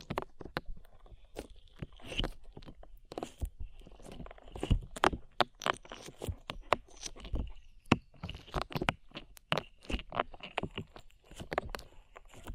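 Sticky slime squelches and pops in a dense, irregular stream of sharp wet clicks and smacks, with a faint squeaky tone drifting behind.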